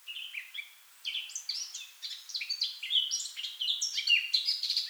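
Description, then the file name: Eurasian blackcap singing a fast warble of jumbled chirps and short whistles, after a brief pause near the start. "Sylvia atricapilla"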